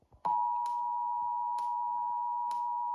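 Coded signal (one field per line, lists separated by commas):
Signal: Emergency Alert System (SAME) tones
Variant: 853 and 960 Hz attention tone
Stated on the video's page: Recorded Maryland tornado drill tests, filmed in a restaurant restroom with background noise.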